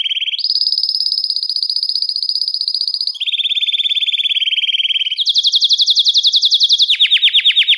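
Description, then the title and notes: Belgian canary singing sustained rapid trills in several tours, each held for a few seconds before shifting pitch to a new phrase. "Canario Belga, nyonyastudio"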